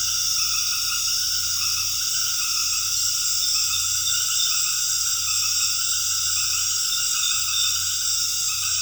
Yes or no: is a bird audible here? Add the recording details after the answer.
no. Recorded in dense forest near Puerto Asís, Putumayo, Colombia, on 13 March 2025 at 19:30. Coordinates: 0.484, -76.325. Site G045